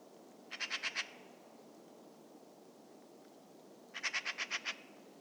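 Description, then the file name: Eurasian magpie chattering: two short bursts of harsh, rattling notes, about five and then about seven, separated by a pause of about three seconds, over a low steady background hiss. "Pica pica"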